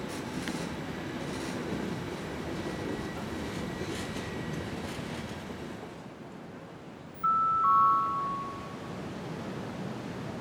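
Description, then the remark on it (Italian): A Trenitalia Cinque Terre Express regional train, number 22945 from Levanto to La Spezia Centrale, arrives at platform 3 of Monterosso al Mare station, Italy, with a steady broad rumble and airy hiss that gradually eases, then a short, piercing two-tone brake squeal as it slows near the end. “Il treno 5 Terre Express regionale 22945 di Trenitalia, proveniente da Levanto, è diretto alla Spezia Centrale, delle ore 19.12, è in arrivo al binario 3.”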